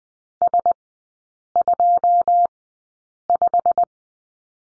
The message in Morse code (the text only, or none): S25